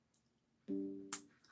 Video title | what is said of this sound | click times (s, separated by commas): Old Knives and Old Watches tonight and More! | Boom. Snapped in place. That's nice to hear. | 1.1 s